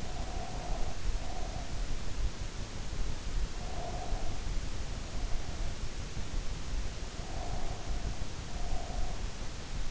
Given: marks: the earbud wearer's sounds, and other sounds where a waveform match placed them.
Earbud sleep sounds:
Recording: sounds in sleep by an in-ear microphone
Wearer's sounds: breath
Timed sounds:
0.00-1.98 s: breath
3.47-6.01 s: breath
7.11-9.26 s: breath

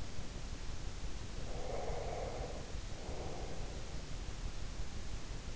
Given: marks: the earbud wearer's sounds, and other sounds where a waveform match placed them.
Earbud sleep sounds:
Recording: sounds in sleep by an in-ear microphone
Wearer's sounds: breath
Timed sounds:
1.29-3.81 s: breath

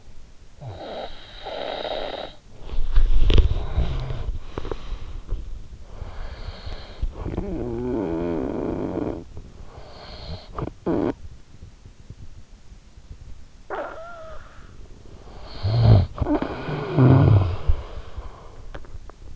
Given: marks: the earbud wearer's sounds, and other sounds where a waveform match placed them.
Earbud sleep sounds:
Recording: sounds in sleep by an in-ear microphone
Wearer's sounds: snoring breath, body movement, breath, teeth grinding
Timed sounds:
0.36-4.45 s: snoring breath
2.68-4.45 s: body movement
4.45-5.68 s: breath
4.45-5.68 s: teeth grinding
5.68-11.31 s: snoring breath
13.28-14.59 s: snoring breath
14.91-18.61 s: snoring breath

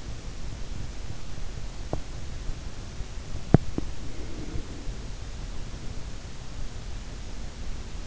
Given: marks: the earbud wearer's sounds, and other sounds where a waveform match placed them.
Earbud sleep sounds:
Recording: sounds in sleep by an in-ear microphone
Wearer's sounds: teeth grinding, breath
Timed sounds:
1.78-2.07 s: teeth grinding
3.38-3.86 s: teeth grinding
3.95-5.97 s: breath

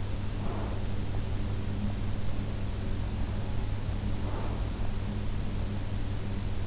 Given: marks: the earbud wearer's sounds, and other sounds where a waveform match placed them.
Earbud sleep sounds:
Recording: sounds in sleep by an in-ear microphone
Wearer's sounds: breath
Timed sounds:
0.24-1.05 s: breath
3.99-4.96 s: breath

